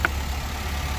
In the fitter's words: and then once you got it in position, just push it down, and then it should come over here and click into place over here too, like that.